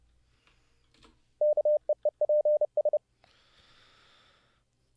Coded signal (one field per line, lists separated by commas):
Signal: Morse code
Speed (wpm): 29 wpm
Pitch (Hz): 600 Hz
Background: none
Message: KEEPS